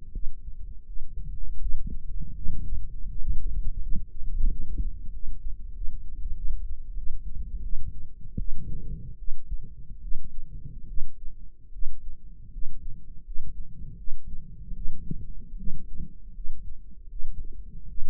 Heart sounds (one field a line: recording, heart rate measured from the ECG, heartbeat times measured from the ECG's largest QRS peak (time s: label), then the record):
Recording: heart sounds by microphone in the right ear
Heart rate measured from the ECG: 81 bpm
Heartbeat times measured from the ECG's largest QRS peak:
0.11 s: heartbeat
0.84 s: heartbeat
1.58 s: heartbeat
2.33 s: heartbeat
3.07 s: heartbeat
3.79 s: heartbeat
4.47 s: heartbeat
5.10 s: heartbeat
5.72 s: heartbeat
6.34 s: heartbeat
6.94 s: heartbeat
7.61 s: heartbeat
8.36 s: heartbeat
9.16 s: heartbeat
10.00 s: heartbeat
10.85 s: heartbeat
11.70 s: heartbeat
12.50 s: heartbeat
13.23 s: heartbeat
13.95 s: heartbeat
14.73 s: heartbeat
15.55 s: heartbeat
16.32 s: heartbeat
17.08 s: heartbeat
17.86 s: heartbeat
From the record:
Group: healthy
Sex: female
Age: 19 years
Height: 163 cm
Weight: 51 kg